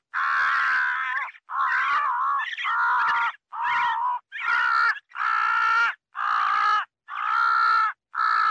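Crow uttering long, grating caws, the first nearly a second and a half, then a more regular series of shorter loud calls.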